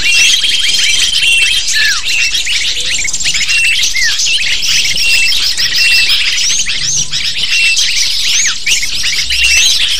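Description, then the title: Lovebird calls from a crowd of birds, overlapping squeaky chirps with repeated short hooked notes rising above the steady chatter. Lure sound used to attract lovebirds. "PIKAT BURUNG LOVEBIRD"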